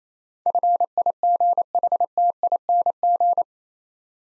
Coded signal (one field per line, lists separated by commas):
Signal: Morse code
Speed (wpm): 27 wpm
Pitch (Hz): 700 Hz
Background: none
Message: FIGHTING